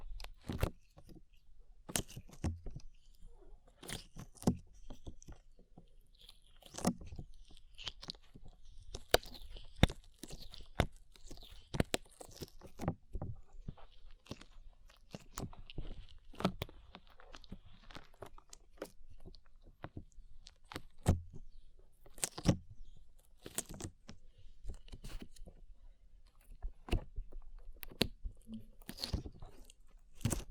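Slime being worked, making a steady stream of sharp crackles and pops that spread from low thuds up to bright snaps. The clicks come irregularly, several per second, with brief louder bursts, over a soft, sticky squishing that rises and falls throughout.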